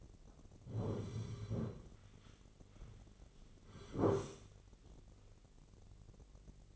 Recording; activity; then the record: daily activity, microphone in the room; sit down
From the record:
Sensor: 4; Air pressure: 1010.1 hPa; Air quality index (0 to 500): 184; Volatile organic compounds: 3 ppm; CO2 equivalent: 1324 ppm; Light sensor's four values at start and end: 43/105/44/47 and 43/105/44/48